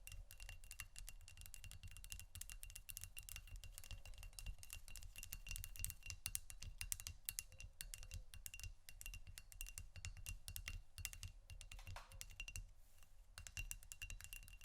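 Fingernails scratch and tap on canisters in a dense, unbroken stream of quick, crisp clicks and scrapes that run the whole time. A steady low rumble sits underneath, and a faint thin tone hangs high throughout. Around twelve seconds a brief bright scrape stands out.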